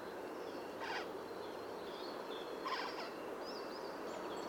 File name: Garrulus glandarius